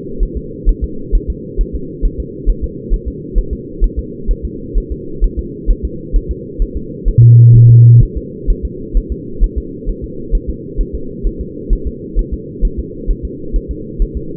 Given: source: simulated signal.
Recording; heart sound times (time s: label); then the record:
fetal heart sounds
0.23 s: S1
0.37 s: S2
0.69 s: S1
0.84 s: S2
1.15 s: S1
1.30 s: S2
1.61 s: S1
1.75 s: S2
2.06 s: S1
2.20 s: S2
2.50 s: S1
2.64 s: S2
2.94 s: S1
3.08 s: S2
3.38 s: S1
3.53 s: S2
3.84 s: S1
3.99 s: S2
4.31 s: S1
4.45 s: S2
4.78 s: S1
4.92 s: S2
5.24 s: S1
5.39 s: S2
5.71 s: S1
5.85 s: S2
6.16 s: S1
6.31 s: S2
6.62 s: S1
6.77 s: S2
7.08 s: S1
7.23 s: S2
7.55 s: S1
7.70 s: S2
8.03 s: S1
8.17 s: S2
8.50 s: S1
8.65 s: S2
8.97 s: S1
9.12 s: S2
9.44 s: S1
9.58 s: S2
9.89 s: S1
10.04 s: S2
10.35 s: S1
10.49 s: S2
10.81 s: S1
10.95 s: S2
11.27 s: S1
11.41 s: S2
11.73 s: S1
11.87 s: S2
12.19 s: S1
12.34 s: S2
12.65 s: S1
12.79 s: S2
13.11 s: S1
13.25 s: S2
13.56 s: S1
13.71 s: S2
14.02 s: S1
14.17 s: S2
From the record:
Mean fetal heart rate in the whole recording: 130 bpm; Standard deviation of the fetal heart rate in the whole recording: 4 bpm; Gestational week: 38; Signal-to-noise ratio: -4.3 dB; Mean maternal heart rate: 72 bpm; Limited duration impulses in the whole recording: present